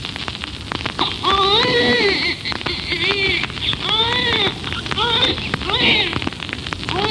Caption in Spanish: Llanto correspondiente a un bebé prematuro con un peso al nacer de 2 kilos. Resulta evidente que este lamento es mucho más débil.